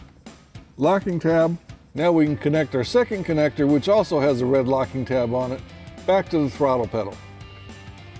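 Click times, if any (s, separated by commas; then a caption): none. Someone talks over background music while handling the second plastic harness connector, which has a red locking tab, of a C&L Black Edition throttle controller on a 2011-2020 F-150 as it is brought to the accelerator pedal. Two faint short ticks sound near the start, and the connector has not seated or clicked into the pedal yet.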